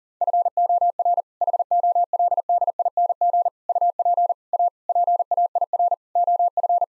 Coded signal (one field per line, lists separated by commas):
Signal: Morse code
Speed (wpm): 40 wpm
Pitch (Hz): 700 Hz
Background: none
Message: FOR HOLDING UP A PAIR OF